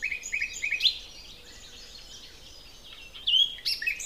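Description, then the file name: Common nightingale song: quick, sharp notes rising into a loud phrase, a quieter gap, then another bright burst at the end. "Luscinia megarhynchos"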